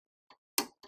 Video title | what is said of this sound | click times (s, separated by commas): Bobbins and Bobbin Related Material | you hear that click you know the bobbin is inserted properly | 0.6 s